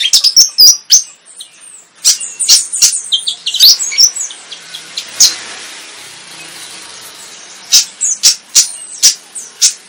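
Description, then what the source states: Flycatcher singing in quick bursts of high twittering notes with sharp clicks, a quieter hissing lull midway, then renewed chirps. Energetic 'gacor' singing in the 'tembakan' song style.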